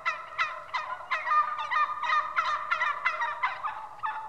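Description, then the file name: Wild turkey gobble: rapid, throaty rattling notes tumbling in a steady stream of bursts, roughly three per second, against a quiet background. "Digiffects Sound Effects Library - Wild Turkey"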